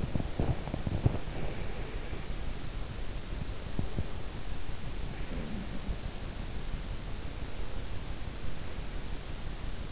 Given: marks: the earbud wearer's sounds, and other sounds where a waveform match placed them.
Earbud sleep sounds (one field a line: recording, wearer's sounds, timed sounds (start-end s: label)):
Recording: sounds in sleep by an in-ear microphone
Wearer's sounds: teeth grinding, breath, snoring breath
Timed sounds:
0.00-1.13 s: teeth grinding
1.13-2.42 s: breath
5.00-6.97 s: snoring breath